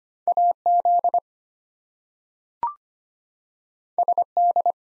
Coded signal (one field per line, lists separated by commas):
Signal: Morse code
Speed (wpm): 25 wpm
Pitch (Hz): 700 Hz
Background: none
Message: AZ SD